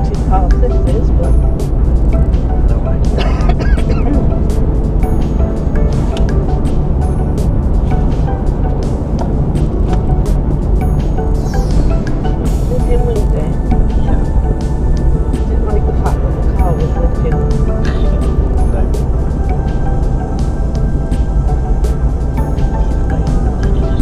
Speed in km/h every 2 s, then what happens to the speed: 44, 47, 50, 53, 56, 52, 45, 45, 47, 47, 44, 42.
0-9 speeds up to 56. 9-12 brakes to 45. 12-24 steady at about 45.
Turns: none.